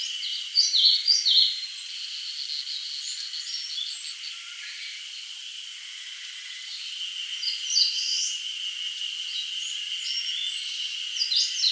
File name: Phylloscopus coronatus